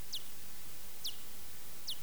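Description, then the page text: Serotine bat echolocation calls: three short, downward-sweeping pulses over a faint steady hiss. Echolocation calls, Britain. "British bat echolocation. Gareth Jones' Lab. Eptesicus serotinus"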